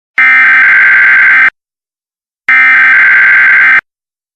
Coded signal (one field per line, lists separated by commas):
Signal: Emergency Alert System (SAME) tones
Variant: header bursts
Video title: eas.wmv